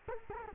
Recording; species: mosquito wingbeat signal from an infrared sensor; Culex quinquefasciatus